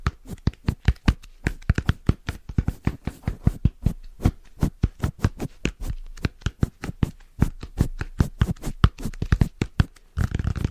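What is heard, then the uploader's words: Fast, rhythmic tapping with layered brushing sounds, the sharp taps coming several times a second in an even stream for the whole clip. Each hit is crisp and bright with a soft low thump beneath, and a rougher, denser scraping swell closes the last second. ASMR Rhythmic Fast Tapping & Brushing Layered Sounds No Talking.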